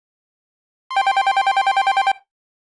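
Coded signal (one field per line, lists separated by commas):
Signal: none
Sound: phone's electronic ringtone warble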